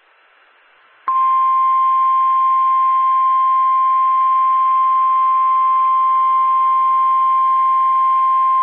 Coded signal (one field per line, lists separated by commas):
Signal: Emergency Alert System (SAME) tones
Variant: 1050 Hz attention tone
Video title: Flash Flood Warning on KWO35 (EAS #93) June 11, 2020